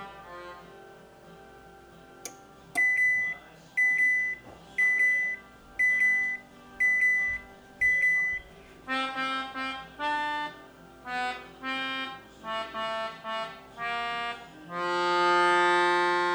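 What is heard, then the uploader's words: A frozen pizza is being cooked, with an appliance giving a run of six short, evenly spaced high beeps from about three to eight seconds. Then come a quicker series of buzzy electronic tones, and a longer steady one to finish. A faint low hum runs underneath. Cooking a Frozen Pizza. Cooks a frozen pizza (amongst other background activity).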